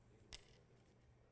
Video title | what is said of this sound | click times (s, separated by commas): TVON Live Fine Jewelry with Lauren Blair | so you will hear that click into place and then you know when you hear that it is locked | 0.3 s